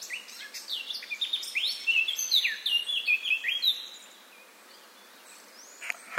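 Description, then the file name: Eurasian blackcap singing a fast, varied phrase of bright whistles and down-slurred notes for about four seconds, followed by near silence and a faint rising note at the end. "Sylvia atricapilla"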